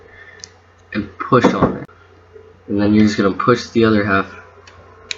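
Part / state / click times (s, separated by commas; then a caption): spring lock clip into baitcasting reel frame / seated / 5.1 s. Someone talks while pushing the second half of a metal spring lock clip into its indent in the frame of a Revo SX 3rd gen baitcasting fishing reel, during bearing installation. A faint tick comes at 0.4 s, then a sharp click at 5.1 s as the clip seats into its groove.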